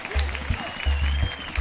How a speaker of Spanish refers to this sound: ¡Hijo! ¡Aplauso para mi hijo!